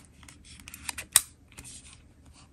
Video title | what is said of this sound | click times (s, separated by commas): We got our very first ever Nintendo Oled Switch! | read that click put the other one | 1.2 s